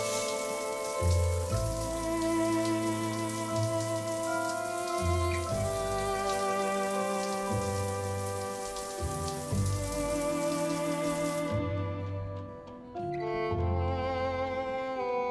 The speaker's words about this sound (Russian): Она в душевой кабинке стоит под струями воды.